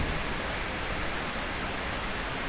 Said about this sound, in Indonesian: Kalau sama suaranya hujan.